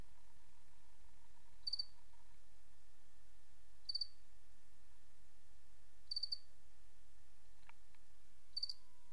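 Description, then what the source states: Cricket giving four short, high, pulsed chirps spaced around two seconds apart, with a faint tonal hum and low rumble beneath. Recorded 28 August 2007.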